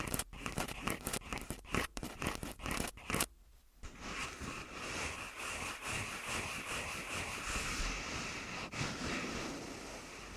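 Tapping and scratching on a body, first as quick irregular taps and rubs for about three seconds, then a short near-silent gap. After that comes a steady, dense scratching that rasps and hisses continuously to the end, with a brief louder scrape near nine seconds.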